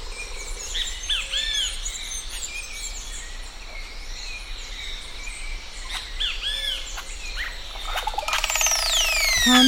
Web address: crestedoropendola